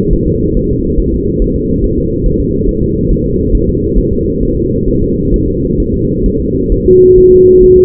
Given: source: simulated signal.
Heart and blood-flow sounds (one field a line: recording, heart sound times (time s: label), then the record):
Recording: fetal heart sounds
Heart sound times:
0.13 s: S1
0.28 s: S2
0.57 s: S1
0.71 s: S2
1.00 s: S1
1.14 s: S2
1.42 s: S1
1.56 s: S2
1.84 s: S1
1.98 s: S2
2.26 s: S1
2.40 s: S2
2.69 s: S1
2.83 s: S2
3.11 s: S1
3.26 s: S2
3.55 s: S1
3.69 s: S2
3.98 s: S1
4.13 s: S2
4.43 s: S1
4.57 s: S2
4.88 s: S1
5.02 s: S2
5.34 s: S1
5.48 s: S2
5.80 s: S1
5.94 s: S2
6.26 s: S1
6.40 s: S2
6.72 s: S1
6.86 s: S2
7.18 s: S1
7.32 s: S2
7.64 s: S1
7.78 s: S2
From the record:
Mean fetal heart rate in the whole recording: 135 bpm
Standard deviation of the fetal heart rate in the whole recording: 3 bpm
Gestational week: 36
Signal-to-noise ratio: -14.7 dB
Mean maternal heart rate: 72 bpm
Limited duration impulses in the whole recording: present